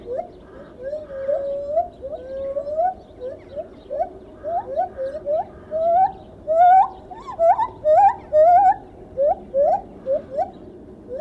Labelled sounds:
Lar Gibbon (Hylobates lar)

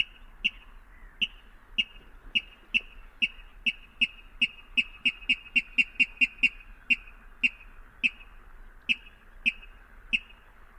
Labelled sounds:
Water Rail (Rallus aquaticus)

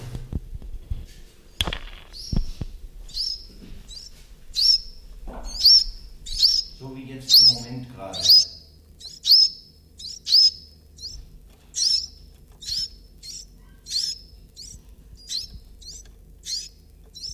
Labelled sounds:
Iberian Chiffchaff (Phylloscopus ibericus) call

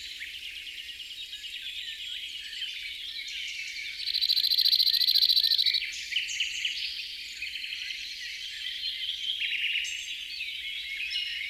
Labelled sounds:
Cirl Bunting (Emberiza cirlus) song

